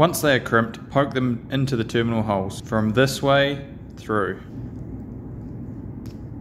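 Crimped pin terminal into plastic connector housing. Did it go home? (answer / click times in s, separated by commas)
no / none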